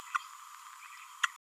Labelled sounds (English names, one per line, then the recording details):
Green-rumped Parrotlet babbling
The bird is a male
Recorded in a nest box in Venezuela
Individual 17B31A1